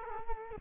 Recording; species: mosquito wingbeat signal from an infrared sensor; Culex quinquefasciatus